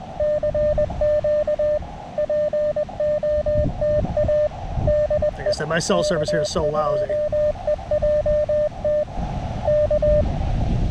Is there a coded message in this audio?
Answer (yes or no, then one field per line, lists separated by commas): yes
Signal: Morse code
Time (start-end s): 0.2-10.2 s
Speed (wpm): 20 wpm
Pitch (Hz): 600 Hz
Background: speech, radio noise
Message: CQ POTA DE K2EJT K